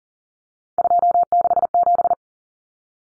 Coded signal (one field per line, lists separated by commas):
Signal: Morse code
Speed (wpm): 40 wpm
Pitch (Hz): 700 Hz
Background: none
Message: 267